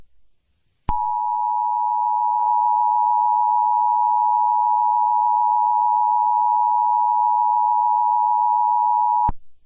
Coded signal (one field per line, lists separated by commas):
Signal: Emergency Alert System (SAME) tones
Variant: 853 and 960 Hz attention tone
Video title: [EAS Mini] The Phoenix